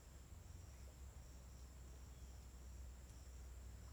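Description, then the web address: Cricket chorus: a continuous shrill high trill with a second, slightly lower band beneath it, and a deep steady rumble underneath. Daytime ambience at a riverside in forest in Tocantins, with crickets described as uniform. "Ambiente na beira do rio na mata com passaros e grilos homogeneos dia. local tocantins"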